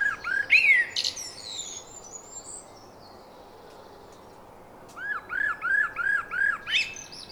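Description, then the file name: Common blackbird song: warbled fluty notes and a high twitter, a quiet gap, then a series of arching whistled notes repeated rapidly. "Turdus merula"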